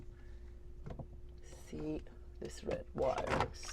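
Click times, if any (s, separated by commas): none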